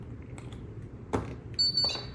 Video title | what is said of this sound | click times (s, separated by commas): KAM - How to build a REM Pod - REM Pod Build - 7.21.24 | you hear it click and you get close to the antenna | 1.2 s